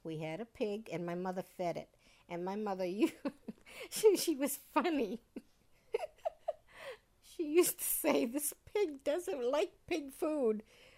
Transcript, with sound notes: We had a pig, and my mother fed it. And my mother ( she laughs ) she was funny. ( she laughs ) She used to say, "This pig doesn't like pig food.